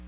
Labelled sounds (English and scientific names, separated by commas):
Black-throated Blue Warbler (Setophaga caerulescens) flight call